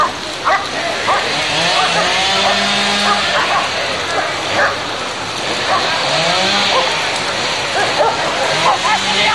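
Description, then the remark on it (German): Chainsaw engines rev up and whine, their pitch rising and falling in overlapping bursts over a steady roar as the clearing of woodland in the Hainburger Au begins, with voices and occasional barks of dogs chasing demonstrators mixed in. “die Motorsägen begannen zu heulen und mit der Rodung dieses Feldes wurde begonnen.”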